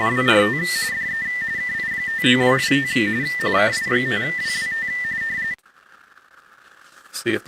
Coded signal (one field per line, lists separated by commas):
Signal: RTTY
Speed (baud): 45.45 baud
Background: speech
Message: WRT DE KI5WWT KI5WWT